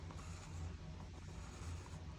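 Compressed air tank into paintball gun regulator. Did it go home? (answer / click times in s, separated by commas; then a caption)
no / none. A compressed air tank is set into a paintball gun regulator and twisted by hand before it engages. Only quiet handling and rubbing sounds are heard over a steady low hum, and the tank has not clicked or engaged yet.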